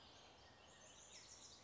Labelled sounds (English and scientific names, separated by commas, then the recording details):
Western Flycatcher (Empidonax difficilis)
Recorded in Sonoma County, California